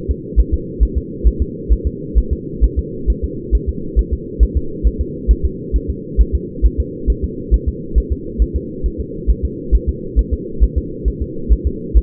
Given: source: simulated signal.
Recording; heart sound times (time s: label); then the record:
fetal heart sounds
0.11 s: S2
0.40 s: S1
0.54 s: S2
0.83 s: S1
0.98 s: S2
1.27 s: S1
1.42 s: S2
1.72 s: S1
1.87 s: S2
2.18 s: S1
2.33 s: S2
2.64 s: S1
2.79 s: S2
3.10 s: S1
3.24 s: S2
3.55 s: S1
3.69 s: S2
3.99 s: S1
4.13 s: S2
4.43 s: S1
4.57 s: S2
4.87 s: S1
5.01 s: S2
5.31 s: S1
5.45 s: S2
5.76 s: S1
5.90 s: S2
6.21 s: S1
6.35 s: S2
6.66 s: S1
6.80 s: S2
7.10 s: S1
7.24 s: S2
7.54 s: S1
7.68 s: S2
7.98 s: S1
8.12 s: S2
8.42 s: S1
8.56 s: S2
8.86 s: S1
9.00 s: S2
9.30 s: S1
9.45 s: S2
9.75 s: S1
9.89 s: S2
10.19 s: S1
10.34 s: S2
10.63 s: S1
10.78 s: S2
11.08 s: S1
11.22 s: S2
11.53 s: S1
11.67 s: S2
11.97 s: S1
From the record:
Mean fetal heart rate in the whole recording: 135 bpm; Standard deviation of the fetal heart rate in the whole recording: 3 bpm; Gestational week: 34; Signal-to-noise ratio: -4.3 dB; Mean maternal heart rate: 72 bpm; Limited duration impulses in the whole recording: absent